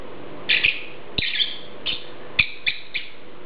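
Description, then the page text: Lovebird chirps: a few harsh, high squeaky notes, one slightly drawn out, then short clipped chirps, with faint clicks and low hum behind. "Попугай неразлучник - Голос"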